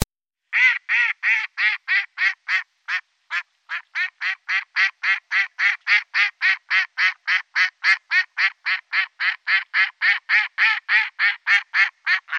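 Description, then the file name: Mallard quacking in a long, steady series of short nasal quacks, about three or four per second. "Stockenten"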